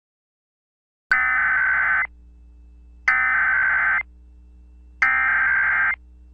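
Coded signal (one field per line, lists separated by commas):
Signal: Emergency Alert System (SAME) tones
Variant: header bursts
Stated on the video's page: Fictional EAS scenario.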